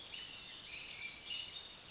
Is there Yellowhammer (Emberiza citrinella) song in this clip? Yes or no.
no